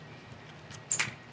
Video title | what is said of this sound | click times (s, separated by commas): Ultra Portable Front or Rear Winch Wire Up: Warn Axon 55-S | has a nice satisfying click | 0.9 s